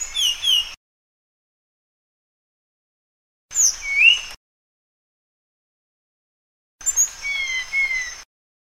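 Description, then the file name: Sunda blue flycatcher song in three brief high-pitched phrases of twittering whistles and descending slurs, spaced roughly three seconds apart. "suara burung sikatan sunda. omkicau"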